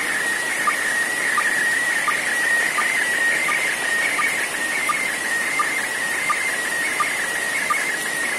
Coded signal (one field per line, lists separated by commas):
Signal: SSTV (slow-scan television)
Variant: PD 90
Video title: Part 2: SSTV on IO-86 on 22 Oct 2023 starting 04:47 UTC